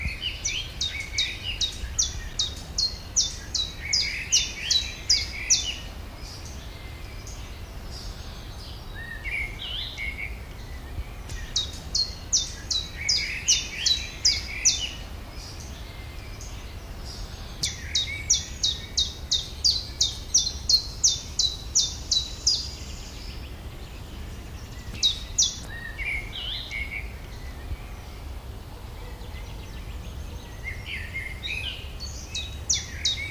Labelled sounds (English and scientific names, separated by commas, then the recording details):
Common Chiffchaff (Phylloscopus collybita) song
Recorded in the wild
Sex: male
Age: adult
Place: Schloßpark Niederschönhausen, Berlin, DE
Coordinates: 52.5789, 13.4081
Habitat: park
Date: 1997-05-16 19:26
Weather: sunny, 23°C
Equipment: Sony MD-WM MZ-R3, Sennheiser MKH 416 T, Kopie Uher 4000 Report Monitor
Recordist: Tembrock, Günter